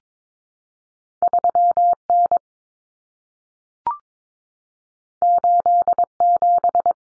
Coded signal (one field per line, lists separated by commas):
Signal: Morse code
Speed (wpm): 22 wpm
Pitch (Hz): 700 Hz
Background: none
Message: 3N 87